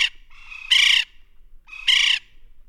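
West Indian woodpecker: two loud, harsh squawking notes, each preceded by a softer lead-in, about a second apart.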